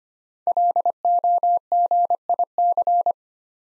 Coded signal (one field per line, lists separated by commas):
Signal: Morse code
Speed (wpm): 25 wpm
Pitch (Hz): 700 Hz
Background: none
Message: LOGIC